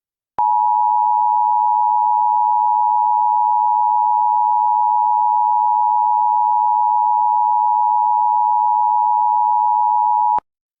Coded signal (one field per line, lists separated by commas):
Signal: Emergency Alert System (SAME) tones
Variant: 853 and 960 Hz attention tone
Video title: EAS Scenario - Neverlasting